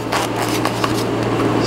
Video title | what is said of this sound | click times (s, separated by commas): RMRC Recruit V2 FPV Wing Build, Wiring, FrSky Taranis Config and Maiden | so I'll just put that on and you see that I'll just snap right into place with these magnets as well | 0.7 s, 0.8 s